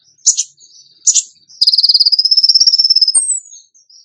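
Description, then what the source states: Bird song: two short buzzy notes, then a fast pulsed trill rising slightly and ending in a thin descending whistle. Masteran training recording; tembakan gacor song style.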